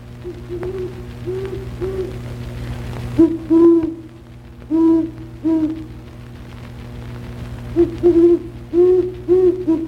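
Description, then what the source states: Great Horned Owl hooting, a low deep series of soft hoo notes in irregular groups, with a steady low hum behind. Typical hoot series, a somewhat variable, low-pitched series of hoots.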